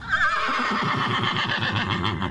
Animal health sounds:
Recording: contact call of a hoofed animal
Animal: horse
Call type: whinny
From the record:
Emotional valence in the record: negative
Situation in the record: group separation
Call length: 2.3 s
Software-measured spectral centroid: 2080 Hz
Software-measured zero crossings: 2750 a second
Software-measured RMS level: -24 dBFS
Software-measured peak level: -9 dBFS

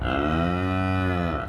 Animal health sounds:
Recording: contact call of a hoofed animal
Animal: cattle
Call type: low-frequency (closed-mouth) or high-frequency (open-mouth) call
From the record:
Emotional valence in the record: negative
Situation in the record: full separation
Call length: 1.49 s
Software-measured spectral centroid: 1330 Hz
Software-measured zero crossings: 1390 a second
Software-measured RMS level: -24 dBFS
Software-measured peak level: -13 dBFS

